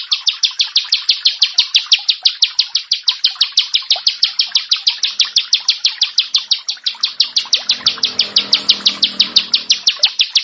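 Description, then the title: Bar-winged prinia singing an unbroken, rapid run of bright, high chip notes, with a faint low hum near the end. "Ciblek Sawah 1"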